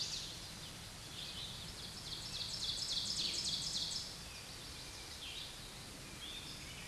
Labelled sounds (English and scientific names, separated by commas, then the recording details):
Ovenbird (Seiurus aurocapilla) song
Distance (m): 30 m
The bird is about 5 m below the microphone
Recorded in a Pennsylvania forest on 16 May 2024 at 07:23
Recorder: AudioMoth, point MSD-2287
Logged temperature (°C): 11.2 °C
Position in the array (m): 150 m, -9 m